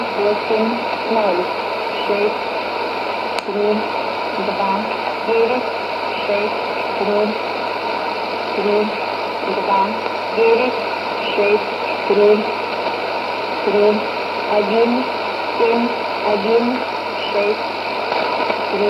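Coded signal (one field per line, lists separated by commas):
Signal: numbers station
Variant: S06s Russian Lady, Russian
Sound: a woman's voice reading short, evenly spaced words through heavy shortwave static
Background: radio static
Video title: 24 09 2019 S06s Russian Lady numbers station in Russian to Eu 1104 on 6190 unknown tx site USB+AM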